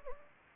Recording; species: mosquito wingbeat signal from an infrared sensor; Anopheles gambiae